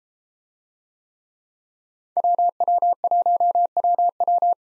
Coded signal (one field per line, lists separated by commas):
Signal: Morse code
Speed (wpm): 31 wpm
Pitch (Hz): 700 Hz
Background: none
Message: WW1WW